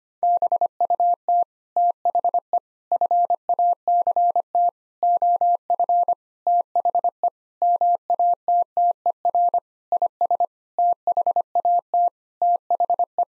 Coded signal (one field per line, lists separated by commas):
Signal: Morse code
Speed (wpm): 25 wpm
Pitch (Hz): 700 Hz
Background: none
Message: BUT THE FACT OF THE MATTER IS THAT THE